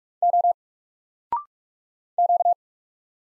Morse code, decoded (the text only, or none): O Q